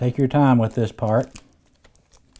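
Someone talks while handling the display (LVDS) cable connector for an Asus A75VJ-TH71 laptop screen replacement, about to press it onto its socket on the LCD panel. After the talk, only faint, small handling ticks are heard near 1.9, 2.1 and 2.4 seconds. Nothing has seated or clicked yet.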